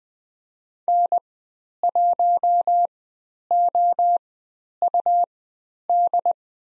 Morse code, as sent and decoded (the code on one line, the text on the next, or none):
-. .---- --- ..- -..
N1OUD